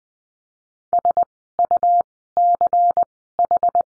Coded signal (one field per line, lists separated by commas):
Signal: Morse code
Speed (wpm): 20 wpm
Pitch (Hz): 700 Hz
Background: none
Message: S U C H